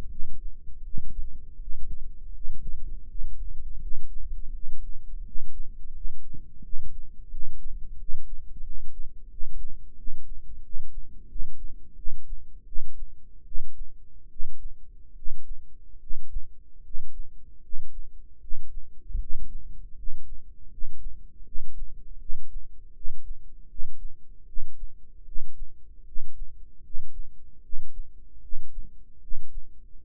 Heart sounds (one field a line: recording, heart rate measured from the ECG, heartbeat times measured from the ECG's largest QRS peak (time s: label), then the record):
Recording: heart sounds by microphone in the right ear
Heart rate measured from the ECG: 80 bpm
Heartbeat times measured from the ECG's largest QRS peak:
0.07 s: heartbeat
0.81 s: heartbeat
1.56 s: heartbeat
2.31 s: heartbeat
3.05 s: heartbeat
3.78 s: heartbeat
4.50 s: heartbeat
5.22 s: heartbeat
5.92 s: heartbeat
6.60 s: heartbeat
7.28 s: heartbeat
7.95 s: heartbeat
8.62 s: heartbeat
9.28 s: heartbeat
9.94 s: heartbeat
10.60 s: heartbeat
11.26 s: heartbeat
11.94 s: heartbeat
12.64 s: heartbeat
13.43 s: heartbeat
14.28 s: heartbeat
15.13 s: heartbeat
15.98 s: heartbeat
16.81 s: heartbeat
17.60 s: heartbeat
18.38 s: heartbeat
19.17 s: heartbeat
19.94 s: heartbeat
20.68 s: heartbeat
21.43 s: heartbeat
22.17 s: heartbeat
22.92 s: heartbeat
23.66 s: heartbeat
24.45 s: heartbeat
25.23 s: heartbeat
26.03 s: heartbeat
26.81 s: heartbeat
27.60 s: heartbeat
28.39 s: heartbeat
29.19 s: heartbeat
29.97 s: heartbeat
From the record:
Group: healthy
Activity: rest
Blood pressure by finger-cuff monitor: 102/56 mmHg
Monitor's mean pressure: 70 mmHg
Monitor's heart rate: 81 bpm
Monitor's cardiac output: 7.9 L/min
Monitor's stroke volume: 98 mL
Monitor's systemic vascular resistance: 640 dyn s/cm5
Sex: male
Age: 35 years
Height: 180 cm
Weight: 86.9 kg